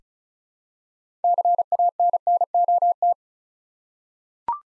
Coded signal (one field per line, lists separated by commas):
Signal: Morse code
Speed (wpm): 34 wpm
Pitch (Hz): 700 Hz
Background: none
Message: CANNOT